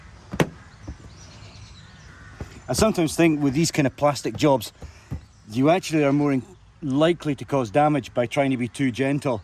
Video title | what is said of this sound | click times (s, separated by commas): VW T5 to VW T6.1 Front End Facelift - Step by Step: Part 5 (Inserts, side repeaters & battery cover) | you got to really push quite firmly and you know when it's in place because you get that lovely nice click | 0.4 s